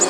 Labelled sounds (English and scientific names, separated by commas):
Black-throated Green Warbler (Setophaga virens) flight call